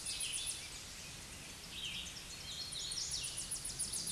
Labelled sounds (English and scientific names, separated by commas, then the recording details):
Hooded Warbler (Setophaga citrina) song
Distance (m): 45 m
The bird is about 15 m above the microphone
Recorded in a Pennsylvania forest on 16 May 2024 at 07:17
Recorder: AudioMoth, point MSD-0079
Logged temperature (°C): 16.1 °C
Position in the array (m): 134 m, 114 m